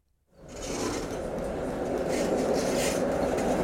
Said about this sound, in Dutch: Tram 44, die brengt je in 20 minuten van hartje Brussel naar Tervuren, ten zuidoosten van de stad. Eindpunt is een park met het Afrika Museum.